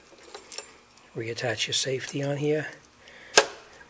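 A plastic safety clip is put back onto a fuel line quick-connect. After some faint handling noises and someone talking, it closes with a single sharp click at 3.4 s, seating the clip.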